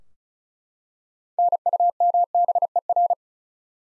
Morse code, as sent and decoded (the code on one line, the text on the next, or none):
-. ..- -- -... . .-.
NUMBER